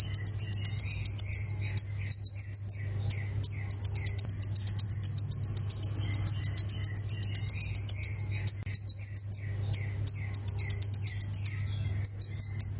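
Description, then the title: Prinia song: long runs of fast, high buzzy notes, about four per second, broken by brief higher trills, over a steady low hum. "Ciblek Sawah"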